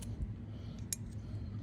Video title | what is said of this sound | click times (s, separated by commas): How to properly service your brakes on all vehicles | but yep you just want to make sure it gets that little clip in there a little click I mean so it's holding in place properly | 0.9 s